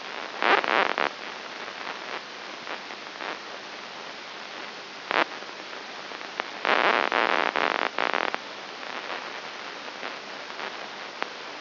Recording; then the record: brain microelectrode recording played as sound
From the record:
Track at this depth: inside the subthalamic nucleus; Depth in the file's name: 2.901 mm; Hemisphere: right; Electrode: 3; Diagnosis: Parkinson's disease